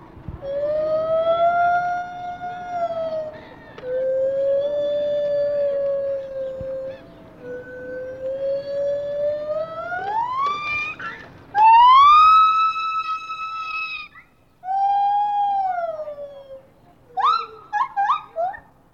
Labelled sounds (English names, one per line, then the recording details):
Lar Gibbon
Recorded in captivity
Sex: pair
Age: adult
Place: Tierpark Berlin, Berlin, DE
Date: 1988-10-01 10:05
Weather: 11 °C
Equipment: Sony WM-D6C, Kopie Uher
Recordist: Tembrock, Günter